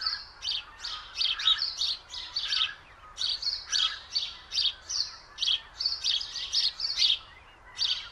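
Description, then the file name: House sparrow chirps in a busy run of short, harsh notes, some slightly drawn out, coming several per second with overlapping calls. "Passer domesticus"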